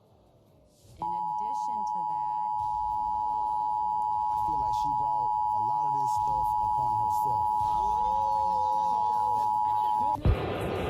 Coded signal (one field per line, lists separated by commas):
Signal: Emergency Alert System (SAME) tones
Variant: 853 and 960 Hz attention tone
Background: speech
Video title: WRDQ - National EAS Test - 8/7/2019